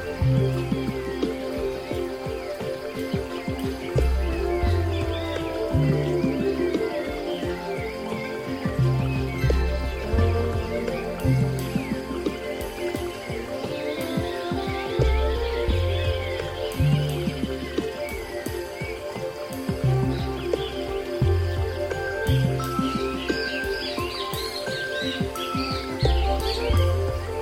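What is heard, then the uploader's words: Soft zen music with nature sounds: a low, steady bass pulse repeats about every second beneath sustained, layered tones that hold the same level throughout. Bird chirps and twitters flutter high above the music, growing busier around the middle and near the end. Nature Sounds, Zen Music.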